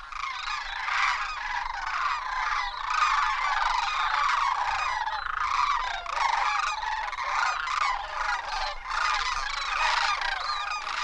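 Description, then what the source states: Sandhill Crane calls: rolling, rattling bugles that run without a break through the whole stretch. Emblematic sound of the Alaskan wild, interior Alaska; the Koyukon name for the bird, Dildula, is onomatopoetic.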